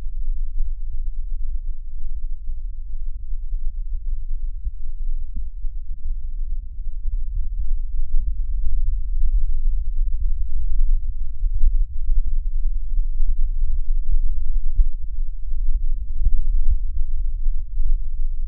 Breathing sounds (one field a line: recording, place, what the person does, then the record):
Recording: lung sounds by stethoscope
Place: left anterior apical chest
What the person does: quiet breathing, then deep breathing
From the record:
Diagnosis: COPD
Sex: female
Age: 75 years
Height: 155 cm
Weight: 67.6 kg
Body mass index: 28.1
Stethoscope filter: bell mode